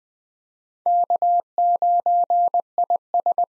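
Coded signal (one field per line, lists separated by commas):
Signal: Morse code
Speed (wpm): 21 wpm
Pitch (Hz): 700 Hz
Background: none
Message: K9IS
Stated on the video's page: Most common 2023 POTA hunter call signs sent at 20 wpm for head-copy drill, each sent, spoken, then sent again.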